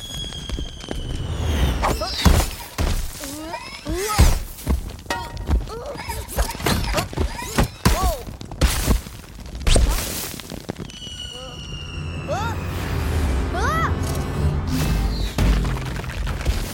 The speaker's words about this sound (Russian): Град разрушает построенный Вилли и друзьями дом. Вилли и Бак маневрируют между падающим градом.